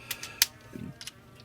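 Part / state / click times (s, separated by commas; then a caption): plastic figure wheels into side cavity of the figure's body / seated / 0.4 s. While a plastic Transformers War for Cybertron: Siege Optimus Prime action figure (35th Anniversary, Walmart exclusive) is being transformed, its wheels are swung up into a cavity on the side of the figure's body. A sharp, bright snap at 0.4 s marks the wheels seating in place, with fainter plastic ticks around it and a soft low rustle near 0.8 s. The wheels end up snapped securely into the cavity.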